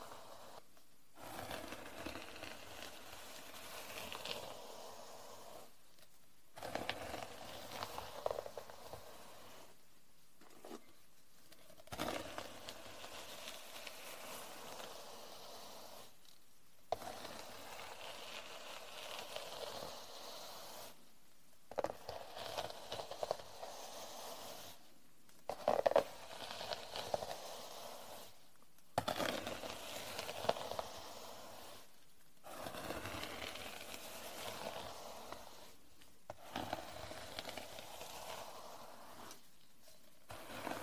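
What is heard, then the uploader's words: Hair is brushed in long, scratchy strokes that fill most of the time, each separated by a brief silent pause every few seconds. The bristles make a dense, bright rasping hiss, with a sharper snap near the middle. WNP-04X51: Hair Brushing | ASMR RELAX SLEEP MEDITATE.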